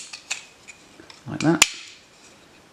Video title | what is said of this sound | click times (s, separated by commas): Ducati MHR Desmo Project - Part 6 | I'll just clicks in there like | 0.3 s